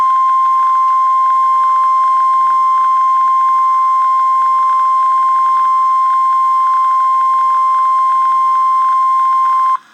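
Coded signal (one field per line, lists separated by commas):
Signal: Emergency Alert System (SAME) tones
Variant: 1050 Hz attention tone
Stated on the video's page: Real EAS severe thunderstorm watch.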